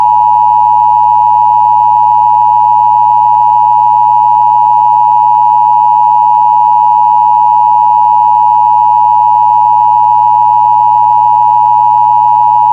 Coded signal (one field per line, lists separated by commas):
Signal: Emergency Alert System (SAME) tones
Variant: 853 and 960 Hz attention tone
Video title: WJCT-TV Jacksonville FL EAS Test 2006